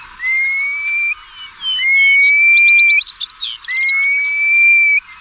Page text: Long-billed Curlew. Audio (B. Beck)